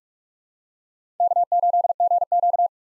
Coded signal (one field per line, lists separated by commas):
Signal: Morse code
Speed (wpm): 42 wpm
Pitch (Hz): 700 Hz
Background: none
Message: K8GQ